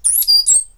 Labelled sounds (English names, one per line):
Stitchbird song